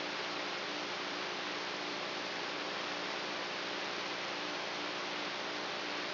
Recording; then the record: brain microelectrode recording played as sound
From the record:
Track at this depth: outside the subthalamic nucleus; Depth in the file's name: 1.406 mm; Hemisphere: right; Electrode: 3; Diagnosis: Parkinson's disease